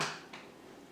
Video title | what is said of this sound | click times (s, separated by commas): Chocolate Croissant Pudding in the Tefal Cook4Me Review | for safety reasons so you to press down and it's really easy you just click | 0.3 s